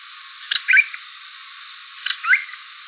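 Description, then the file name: Cuckoo calls, two bursts each opening with a sharp high click followed by short rising and falling warbled notes, about one and a half seconds apart, over faint steady hiss. "GBAN Core"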